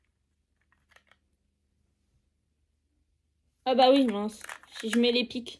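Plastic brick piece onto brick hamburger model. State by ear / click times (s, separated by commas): not seated / none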